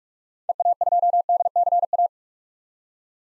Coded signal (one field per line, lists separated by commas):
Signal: Morse code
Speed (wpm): 42 wpm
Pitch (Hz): 700 Hz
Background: none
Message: EA2DCA